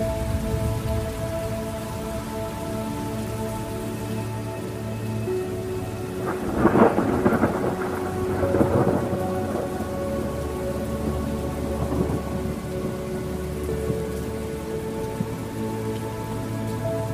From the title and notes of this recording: Thunderstorms and Music for Meditation. Meditation music and nature sounds.